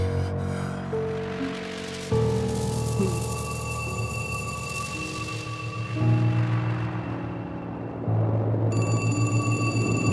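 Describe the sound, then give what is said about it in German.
A telephone rings in the dark, waking a sleeper, with a sustained electronic tone that shifts to a new pitch every few seconds, steady and fairly loud, with no voices. “Das Telefon klingelte Clarence aus dem Schlaf.”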